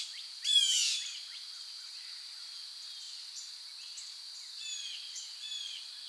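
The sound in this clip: A bird gives a loud burst of rapid falling chirps near the start, then softer scattered chirps return over a constant high hum.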